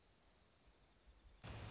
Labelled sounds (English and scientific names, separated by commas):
Dark-eyed Junco (Junco hyemalis)